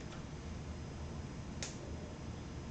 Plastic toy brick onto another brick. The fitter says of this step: this is like Lego ASMR you all hear that all the snapping going on